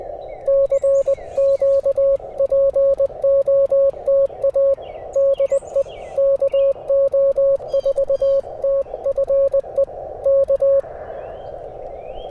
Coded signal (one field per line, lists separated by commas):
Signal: Morse code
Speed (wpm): 21 wpm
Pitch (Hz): 550 Hz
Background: radio noise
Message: CQPOTA DE KO4TFE K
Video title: Pairing my new WOLF RIVER COIL with the FT-891 for some POTA fun!! #cw #qrp #hamradio #morsecode